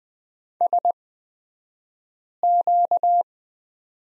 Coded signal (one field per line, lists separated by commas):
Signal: Morse code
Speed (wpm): 20 wpm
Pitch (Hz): 700 Hz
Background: none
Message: SQ